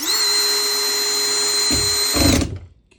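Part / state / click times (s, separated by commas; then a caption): Phillips bit in a drywall screw head / stripped / none. A drill drives a drywall screw with a Phillips bit, giving a steady high motor whine that runs until about 2.4 s. Near the end, rough low chatter breaks in as the bit slips slightly in the screw head before the drill stops, with a short sharp sound at 3.0 s. The bit cams out a little and the screw head is left slightly stripped, and nothing has seated or clicked yet.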